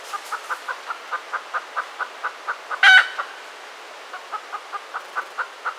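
Red junglefowl clucks repeated steadily several times a second, interrupted once midway by a loud, harsh squawk before the clucking resumes.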